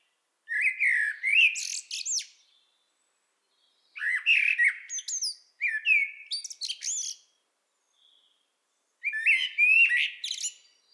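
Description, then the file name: Common blackbird singing: fluty opening notes, then squeaky chattering flourishes, in several phrases separated by pauses. "Turdus merula"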